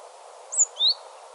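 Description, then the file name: Great tit giving two thin, high whistled notes in quick succession, the first higher than the second, over a steady background hiss. "Parus major"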